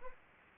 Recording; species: mosquito wingbeat signal from an infrared sensor; Anopheles arabiensis